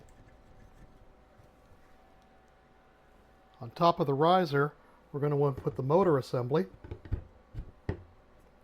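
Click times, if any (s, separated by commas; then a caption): 7.9 s. The motor assembly of a rotary attachment for a laser engraver is pressed down onto the riser on the base while someone talks. A few faint ticks come before a sharp snap at 7.9 s, the strongest hit in the clip. The motor assembly is seated on the riser.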